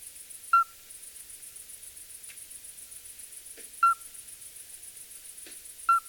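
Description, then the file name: Common midwife toad calling: three short, pure, bell-like notes a few seconds apart over a steady high-pitched background sound. "crapaud accoucheur"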